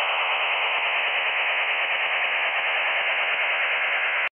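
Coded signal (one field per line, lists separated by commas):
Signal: HF data modem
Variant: STANAG 4285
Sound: steady, rough, hissing data signal filling the voice band, unchanging for four seconds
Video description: Stanag 4285 (text message) Receiver ELAD FDMS1 Software Code300-32 V3.095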